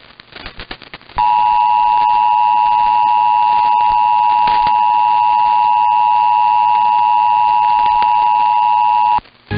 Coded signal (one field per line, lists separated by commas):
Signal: Emergency Alert System (SAME) tones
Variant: 853 and 960 Hz attention tone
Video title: 2 More BOU SVRs (EAS #11124-11125) 5/28/23